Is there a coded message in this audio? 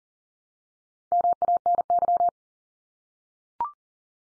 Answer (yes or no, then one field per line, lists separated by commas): yes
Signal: Morse code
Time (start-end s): 1.1-2.3 s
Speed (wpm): 40 wpm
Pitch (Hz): 700 Hz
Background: none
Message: MANY